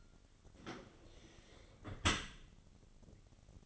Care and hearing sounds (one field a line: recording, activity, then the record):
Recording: daily activity, microphone in the room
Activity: close dishwasher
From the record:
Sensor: 4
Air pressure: 1003.9 hPa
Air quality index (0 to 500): 152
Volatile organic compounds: 2 ppm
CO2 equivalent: 1085 ppm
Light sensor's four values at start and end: 21/50/21/22 and 22/52/22/23